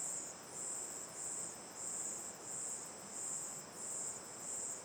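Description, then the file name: Crickets give a high, shrill pulsing chorus that swells roughly every two-thirds of a second, over an even rushing hiss. Night ambience facing the mouth of Terra Ronca 1 cave, chorus of crickets, river on the left, AB stereo recording. "Ambiencia olhando para boca da caverna terra ronca 1 a noite, coro de cigarras e grilos, rio a esquerda, gravacao em ab"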